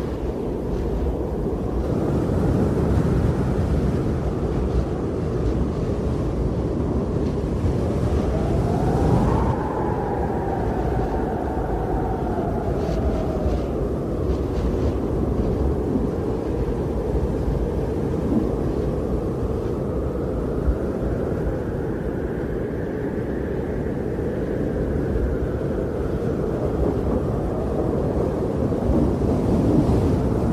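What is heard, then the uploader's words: A winter blizzard roars without pause, a dense, deep rush of wind that stays loud and even throughout. Higher whistling gusts rise and fall over it, one around ten seconds and a longer moan between twenty and twenty-seven seconds. Winter Storm Snowstorm Blizzard White Noise.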